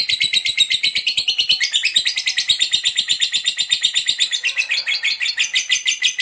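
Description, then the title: Lovebird in continuous rapid chatter, harsh pulsed notes repeated quickly throughout. Long, lively ngekek chatter. "LOVEBIRD NGEKEK PANJANG GACOR BIKIN LATAH"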